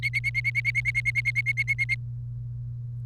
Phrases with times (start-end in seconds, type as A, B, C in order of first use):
0.03-1.95 A